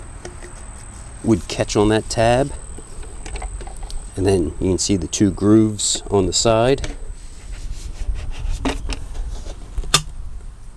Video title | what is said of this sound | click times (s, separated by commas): Full Unboxing and First Use Of The Echo ES-250 Leaf Blower / Shredder | did you hear the click | 9.9 s